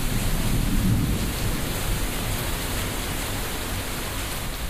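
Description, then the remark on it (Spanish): A night thunderstorm over Bass Lake: steady, dense rain hisses across the whole stretch while low thunder rumbles underneath, swelling briefly near the start before settling into a continuous stormy wash. “Noche de tormenta.”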